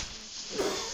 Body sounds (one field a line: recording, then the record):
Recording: coughing mixed with background sound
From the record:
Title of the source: Mid-morning Winter Coughing Fit